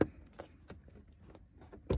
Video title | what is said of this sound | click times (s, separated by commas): How To REPLACE The Cabin Air Filter In Your Toyota Tacoma (2016-2021) | Make sure both clips are clipped in. | 0.0 s, 1.9 s